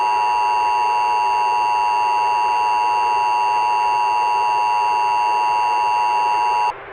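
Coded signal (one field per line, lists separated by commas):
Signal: Emergency Alert System (SAME) tones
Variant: 853 and 960 Hz attention tone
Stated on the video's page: Fictional EAS scenario, analog horror.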